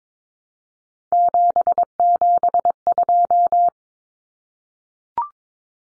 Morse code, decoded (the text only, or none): 772